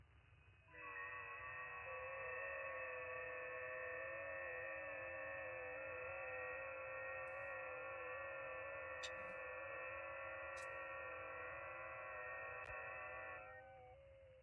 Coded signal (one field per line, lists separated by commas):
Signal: FT8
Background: speech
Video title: *** LIVE *** Life Updates and FT8